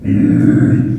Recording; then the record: squeal of a Yucatan mini pig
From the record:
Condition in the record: after surgery on the right vocal fold (resection and tissue-engineered implant); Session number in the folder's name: 3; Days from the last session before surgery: 21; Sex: female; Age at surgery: 19 weeks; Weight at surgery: 25 kg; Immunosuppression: prednisolone